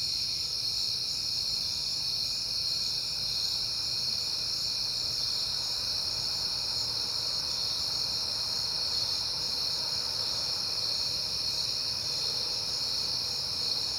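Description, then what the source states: Many crickets keep up an unbroken shrill trill in layered high tones, over a soft low rumble. Recorded on a peaceful night in September; crickets heard often that month.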